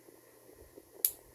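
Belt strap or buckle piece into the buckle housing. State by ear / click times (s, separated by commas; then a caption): seated / 1.0 s. A piece of a ratchet slide belt buckle is pushed back into the buckle housing against a quiet low hum, and it seats with a single sharp, bright click at 1.1 s. The piece clicks into place but now sits crooked, which is why it was slipping out the first time.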